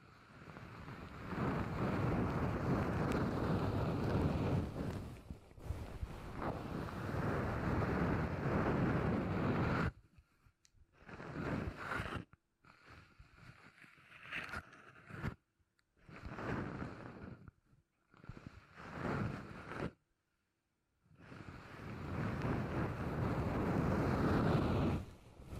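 Beeswax is handled and rubbed in a dense, rushing, scratchy wash that runs steadily for the first ten seconds. Then it breaks into short bursts of rustling separated by brief silences, until a long steady stretch of rubbing returns near the end.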